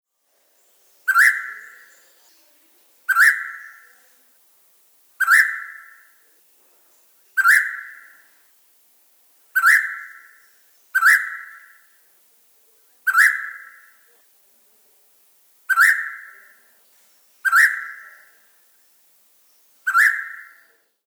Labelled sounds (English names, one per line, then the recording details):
Rusty-cheeked Scimitar Babbler
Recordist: Tembrock, Günter
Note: Ruffolge